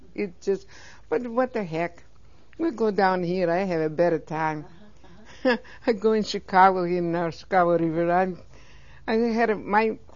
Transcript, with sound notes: It's just, but, what the heck. We go down here I have a better time. (She laughs.) I go in Chicago, here on Chicago River. I had a, my,